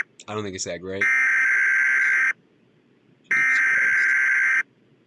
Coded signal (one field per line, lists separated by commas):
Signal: Emergency Alert System (SAME) tones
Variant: header bursts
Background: speech